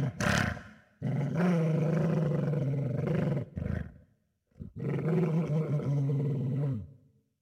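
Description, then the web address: Dog growling: a short harsh snarl, then two long, low rumbling growls of two to three seconds each, split by a brief gap and a quick breath. "Halloween Havoc - Sound Effects 26-Dog Growling - Ktel"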